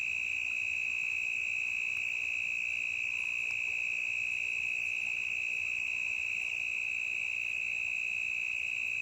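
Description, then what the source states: Cricket giving an unbroken, loud, high-pitched trill, with a few faint ticking clicks higher up. Intense cricket chirping in a forest, stereo recording.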